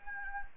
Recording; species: mosquito wingbeat signal from an infrared sensor; Anopheles gambiae